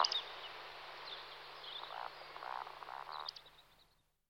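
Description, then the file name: Woodcock calls: a run of low, throaty croaking grunts in bursts, with sharp high squeaky notes at the start and again near the end. "scolopax"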